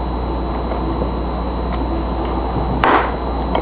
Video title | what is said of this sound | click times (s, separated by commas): Revealing the Hidden Movements Inside Vintage SWISS Watches! #vintagewatch #swisswatch | there you go you heard that click | 2.8 s